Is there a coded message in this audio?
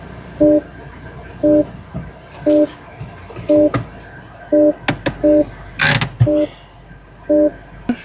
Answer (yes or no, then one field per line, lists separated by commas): no